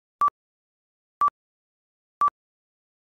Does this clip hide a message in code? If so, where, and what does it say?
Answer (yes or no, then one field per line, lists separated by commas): no